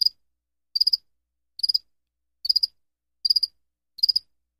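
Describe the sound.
Cricket chirps, each a quick burst of three or four high pulses, repeated about every 0.8 seconds against a silent background.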